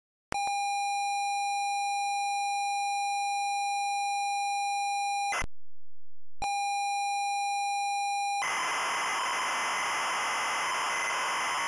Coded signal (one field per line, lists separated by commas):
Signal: ZX Spectrum tape loading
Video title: Adventurer ZX Spectrum loader